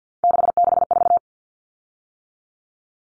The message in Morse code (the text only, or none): 664